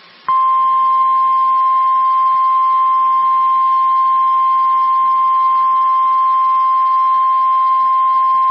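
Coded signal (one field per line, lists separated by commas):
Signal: Emergency Alert System (SAME) tones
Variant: 1050 Hz attention tone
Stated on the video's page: Weekly EAS test from a Bloomington, Indiana station, recorded via WeatherUnderground.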